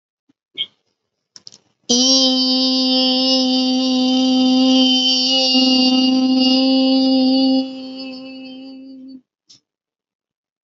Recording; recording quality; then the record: sustained vowel as in beet; excellent, no background noise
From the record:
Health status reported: healthy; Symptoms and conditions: none ticked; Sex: female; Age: 27 years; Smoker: not ticked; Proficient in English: yes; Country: India